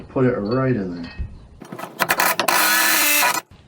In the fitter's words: all right so not a glowing review the screw stripped out